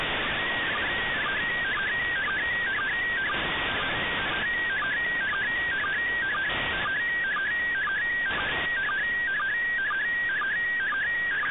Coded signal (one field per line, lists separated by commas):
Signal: SSTV (slow-scan television)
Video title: Decoding the ISS SSTV